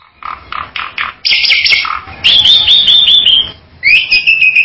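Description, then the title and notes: Bali myna song: several soft low notes, a harsh rasping burst, a rapid wavering whistled trill, then a rising drawn-out whistle. "Jalak Bali. Kicau Burung Jalak"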